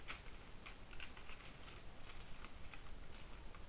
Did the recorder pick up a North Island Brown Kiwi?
no